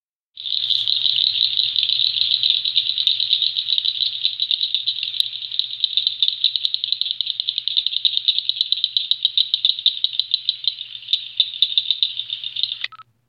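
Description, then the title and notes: Cricket frog calling in a long, rapid rattle of sharp clicks, high-pitched and steady for about twelve seconds before stopping abruptly, with a faint low hum underneath. "Cricket Frogs by Christie Mullen"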